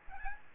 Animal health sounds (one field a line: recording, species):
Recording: mosquito wingbeat signal from an infrared sensor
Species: Aedes aegypti